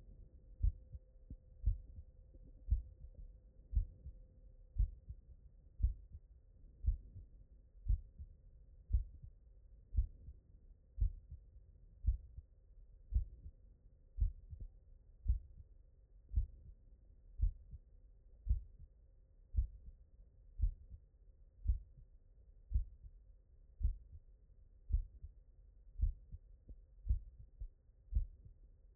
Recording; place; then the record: heart sounds by stethoscope; mitral valve (MV)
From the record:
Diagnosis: non-HFrEF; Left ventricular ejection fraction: 58%